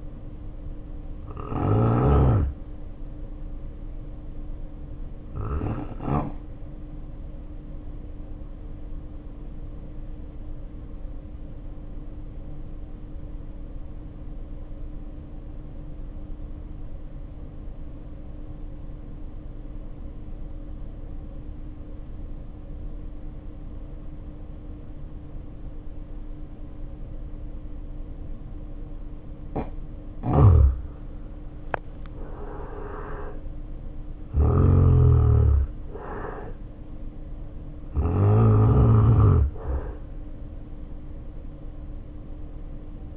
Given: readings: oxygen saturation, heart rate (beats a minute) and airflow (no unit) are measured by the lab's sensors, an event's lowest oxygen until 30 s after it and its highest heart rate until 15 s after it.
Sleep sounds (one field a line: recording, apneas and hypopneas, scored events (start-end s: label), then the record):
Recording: breathing in sleep by a smartphone at the bedside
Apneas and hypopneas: 1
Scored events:
9.00-32.10 s: obstructive apnea (N1, oxygen 93% highest, then 76% lowest, heart rate 53 at the start, 68 highest)
11.00-43.17 s: new sleep stage, N2 (light sleep)
From the record:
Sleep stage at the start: N1 (lightest sleep)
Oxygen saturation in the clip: 78 to 93%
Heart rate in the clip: 48 to 71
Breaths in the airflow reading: 5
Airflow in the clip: -4.4 to 2.2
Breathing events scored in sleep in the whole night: 520 in 7.2 hours asleep